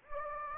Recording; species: mosquito wingbeat signal from an infrared sensor; Anopheles gambiae